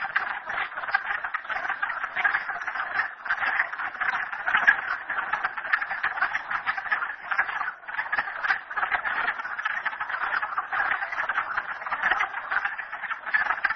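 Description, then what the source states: Frogs in full chorus, a steady mass of overlapping pulsed trills that rises and dips slightly but never stops. Recorded at Merryspring.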